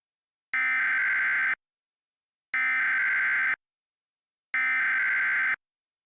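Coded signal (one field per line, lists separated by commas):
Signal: Emergency Alert System (SAME) tones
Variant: header bursts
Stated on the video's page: Fictional EAS scenario using valid EAS tones.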